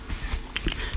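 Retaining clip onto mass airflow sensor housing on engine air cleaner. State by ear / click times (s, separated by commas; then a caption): seated / 0.6 s, 0.7 s. On a Mercedes E350, the retaining clip on the engine air cleaner is snapped back over the mass airflow sensor housing after the air cleaner housing is refitted. Two sharp clicks are heard at 0.6 s and 0.7 s over low background noise, and the clip is seated.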